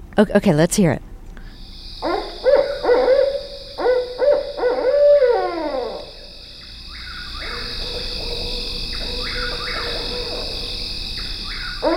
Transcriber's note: soundbite of barred owls' birdsongs